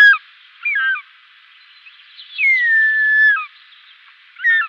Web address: Schulze Peter Short-toed Eagle